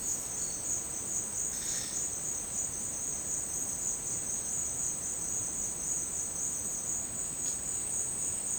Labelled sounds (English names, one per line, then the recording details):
none
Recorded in secondary vegetation near Puerto Asís, Putumayo, Colombia, on 22 June 2025 at 11:30
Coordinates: 0.484, -76.319
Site G074